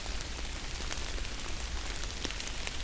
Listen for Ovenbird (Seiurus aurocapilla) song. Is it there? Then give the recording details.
no. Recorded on 24 June 2016 at 07:24. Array SBT-6-76